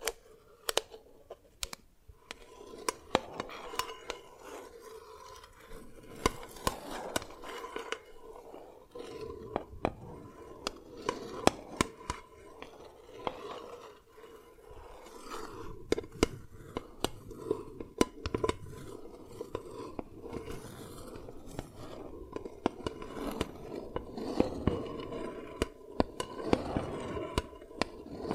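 Dalgona candy being tapped and cracked, with sharp clicks and snaps scattered irregularly through the whole stretch, often several a second. Between them runs a soft scraping, rustling texture, and a few louder cracks stand out near the middle and end.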